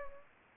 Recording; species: mosquito wingbeat signal from an infrared sensor; Anopheles gambiae